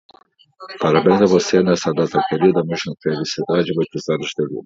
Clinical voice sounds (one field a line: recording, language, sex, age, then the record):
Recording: short text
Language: Brazilian Portuguese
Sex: male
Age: 70 to 79 years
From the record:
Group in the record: control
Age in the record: 72 years